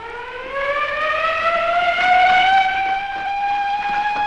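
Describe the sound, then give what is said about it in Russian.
A factory alarm siren in a factory workshop wails loudly and steadily as a signal, its tone slowly rising in pitch over about four seconds, with no voices present. “По сигналу сирены цех заполнили рабочие с винтовками в руках.”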